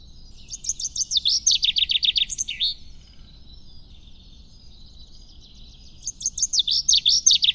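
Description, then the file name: Common chaffinch song: a bright, rattling run of high notes dropping in pitch and ending in a quick flourish, then after a few seconds of quiet another song begins. "Bird Chaf"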